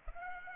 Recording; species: mosquito wingbeat signal from an infrared sensor; Aedes aegypti